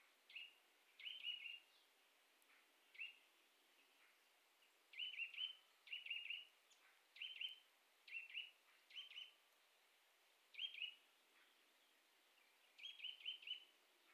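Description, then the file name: Eurasian nuthatch giving clipped, slightly buzzy call notes in quick doublets and triplets, spaced by short pauses. "Sitta europaea"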